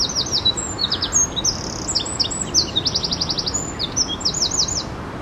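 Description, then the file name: Eurasian wren pouring out a rapid, high-pitched song of ringing notes and quick mechanical trills, several bursts in quick succession over a constant low hiss. "Troglodytes troglodytes"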